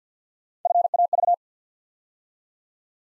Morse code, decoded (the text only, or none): FAV